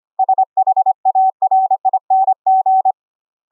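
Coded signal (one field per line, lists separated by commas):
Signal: Morse code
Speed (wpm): 25 wpm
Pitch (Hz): 760 Hz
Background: none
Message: SHARING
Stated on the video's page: Live CW contact among four operators, sent over the internet through a Discord voice chat server.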